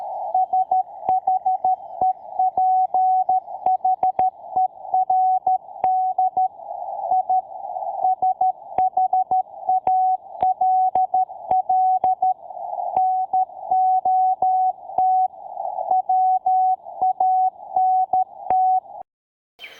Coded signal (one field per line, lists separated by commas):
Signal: Morse code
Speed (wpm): 13 wpm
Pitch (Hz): 750 Hz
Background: none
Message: SHEPHERD I SHALL NOT WANT